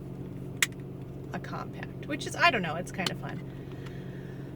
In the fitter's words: and then when you open it up, you slide this little guy back till it clicks, and then it's like